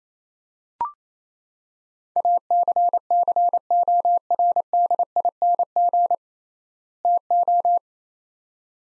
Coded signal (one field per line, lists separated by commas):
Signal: Morse code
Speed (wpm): 28 wpm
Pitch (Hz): 700 Hz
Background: none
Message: ACCORDING TO